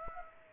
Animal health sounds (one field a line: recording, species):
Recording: mosquito wingbeat signal from an infrared sensor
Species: Aedes aegypti